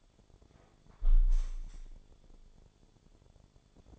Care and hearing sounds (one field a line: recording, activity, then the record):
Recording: daily activity, microphone in the room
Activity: close window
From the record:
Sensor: 5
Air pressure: 1015.0 hPa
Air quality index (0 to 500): 100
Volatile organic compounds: 2 ppm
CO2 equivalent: 1076 ppm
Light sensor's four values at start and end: 35/80/32/31 and 35/80/32/31